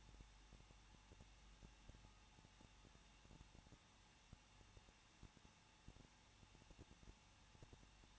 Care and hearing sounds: daily activity, microphone in the room; no activity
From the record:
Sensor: 1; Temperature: 20.1 degrees Celsius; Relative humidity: 39.2%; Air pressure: 1006.3 hPa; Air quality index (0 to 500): 218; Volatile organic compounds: 77 ppm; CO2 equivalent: 3580 ppm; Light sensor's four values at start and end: 1/2/1/1 and 1/2/1/1

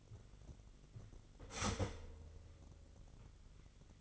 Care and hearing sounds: daily activity, microphone in the room; start toaster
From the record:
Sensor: 4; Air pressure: 1002.9 hPa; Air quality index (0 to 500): 234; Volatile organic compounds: 16 ppm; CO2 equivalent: 2541 ppm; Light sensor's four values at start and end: 21/74/27/27 and 20/69/26/25

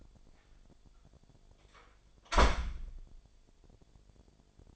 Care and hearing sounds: daily activity, microphone in the room; close door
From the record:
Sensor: 5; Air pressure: 1007.6 hPa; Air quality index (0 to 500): 153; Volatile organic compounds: 3 ppm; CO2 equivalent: 1472 ppm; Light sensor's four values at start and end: 56/160/62/62 and 57/161/62/62

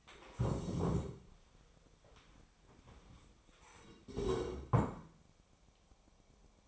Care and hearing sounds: daily activity, microphone in the room; stand up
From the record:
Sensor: 1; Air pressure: 1015.2 hPa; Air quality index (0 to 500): 198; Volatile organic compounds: 23 ppm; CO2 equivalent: 2776 ppm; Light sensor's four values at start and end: 13/30/12/14 and 13/30/12/14

